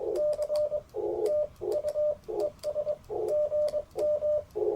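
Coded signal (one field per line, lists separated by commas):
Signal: Morse code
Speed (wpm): 17 wpm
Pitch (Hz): 600 Hz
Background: none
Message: C TU ES GM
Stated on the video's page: QRP CW Parks on the Air activation sent with paddles on an Icom IC-705 into a Chelegance MC-750 antenna.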